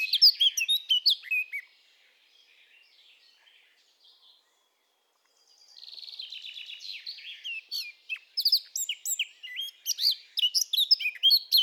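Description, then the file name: Eurasian blackcap singing: a loud phrase, a pause, then a quiet scratchy warble that builds into loud, varied notes repeated rapidly to the end. "Sylvia atricapilla"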